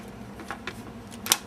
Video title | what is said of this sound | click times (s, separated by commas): Transformers Dark of the Moon Human Alliance Roadbuster Review | all the way until it clicks | 1.3 s